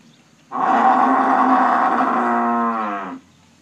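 Buffalo producing one loud, even, low moo of close to three seconds, dropping slightly in pitch before it ends.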